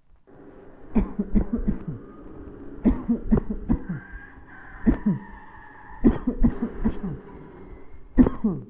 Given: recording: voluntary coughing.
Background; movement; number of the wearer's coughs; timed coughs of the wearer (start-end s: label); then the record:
traffic; sitting; 11
0.93-1.33 s: cough
1.33-1.66 s: cough
1.66-1.97 s: cough
2.84-3.27 s: cough
3.29-3.64 s: cough
3.67-3.98 s: cough
4.84-5.22 s: cough
6.02-6.36 s: cough
6.41-6.73 s: cough
6.81-7.19 s: cough
8.15-8.58 s: cough
From the record:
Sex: male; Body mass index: 20.5 kg/m2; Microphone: on the chest, facing the body